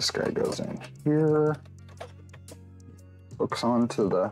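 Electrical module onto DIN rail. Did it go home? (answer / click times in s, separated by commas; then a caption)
no / none. A plastic-housed electrical module is being hooked onto a metal DIN rail by hand, with music playing throughout while someone talks. A few faint taps and small handling knocks are heard between about 1.9 and 3.0 seconds, but the module has not snapped into place on the rail yet.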